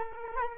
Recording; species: mosquito wingbeat signal from an infrared sensor; Culex quinquefasciatus